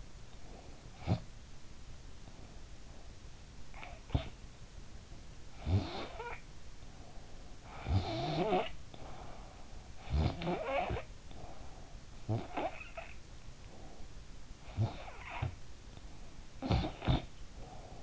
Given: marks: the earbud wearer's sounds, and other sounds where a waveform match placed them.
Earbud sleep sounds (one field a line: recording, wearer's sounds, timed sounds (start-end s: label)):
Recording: sounds in sleep by an in-ear microphone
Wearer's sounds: snoring breath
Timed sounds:
0.88-1.40 s: snoring breath
3.99-4.40 s: snoring breath
5.46-6.70 s: snoring breath
7.34-11.38 s: snoring breath
11.95-13.57 s: snoring breath
14.43-15.82 s: snoring breath
16.37-17.67 s: snoring breath